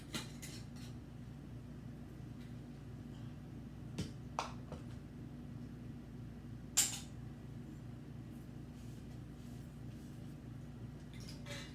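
Hot oven-canned jars of rice sit on the counter after their screw rings are tightened, and as they cool, the metal canning lids on the glass jars pull down under vacuum and seal. Sharp pops are heard at 4.4 s and 6.8 s over a steady low hum, and each pop marks a lid sealing.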